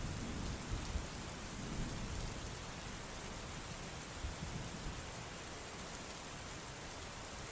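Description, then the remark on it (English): Low, rolling thunder rumbles beneath a steady hiss of rain, swelling early on and surging again midway before settling back into the constant downpour. “Total bewilderment and confusion as to the source of this subterranean thunder.”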